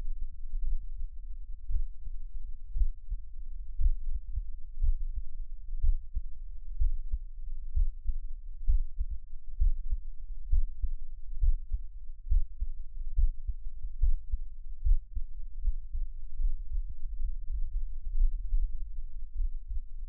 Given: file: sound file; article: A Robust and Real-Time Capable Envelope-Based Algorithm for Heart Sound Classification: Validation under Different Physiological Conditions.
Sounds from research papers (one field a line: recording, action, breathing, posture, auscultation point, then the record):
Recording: heart sounds by electronic stethoscope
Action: rest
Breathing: deep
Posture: sitting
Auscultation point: Erb’s point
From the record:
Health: healthy, no known heart disease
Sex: male